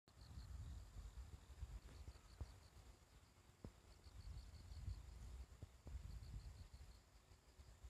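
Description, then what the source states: Bell cricket song, clear groups of quick high ringing pulses separated by short pauses, with low rumble and a few sharp clicks underneath. Bell crickets chirping on a morning walk along a riverside path; possibly the year's last.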